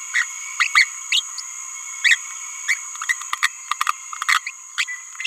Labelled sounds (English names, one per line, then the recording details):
Green-rumped Parrotlet babbling
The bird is a male
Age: 27 days
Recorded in a nest box in Venezuela
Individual 17B31A2